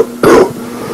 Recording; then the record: coughing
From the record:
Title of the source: Coughing 77